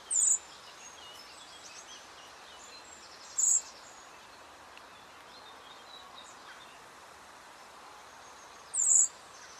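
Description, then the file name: Common blackbird uttering three thin, high-pitched call notes spaced a few seconds apart over a soft background of chirps. "Turdus merula"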